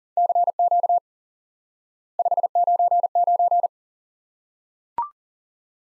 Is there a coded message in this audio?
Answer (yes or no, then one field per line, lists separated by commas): yes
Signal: Morse code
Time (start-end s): 0.2-3.7 s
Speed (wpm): 40 wpm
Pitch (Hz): 700 Hz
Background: none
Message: CQ 599